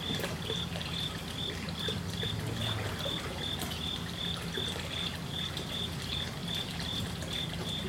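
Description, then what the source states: Crickets chirping, short high chirps repeated steadily about two or three times a second, over continuous trickling and dripping water. Crickets chirping by a small water feature in a koi fish pond; water moving, slightly surging and drippy.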